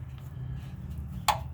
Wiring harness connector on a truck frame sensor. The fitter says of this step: snappy, you heard it click.